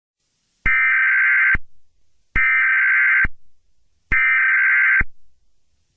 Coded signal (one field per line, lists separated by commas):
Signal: Emergency Alert System (SAME) tones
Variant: header bursts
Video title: Eas scenario 3 solar eclipse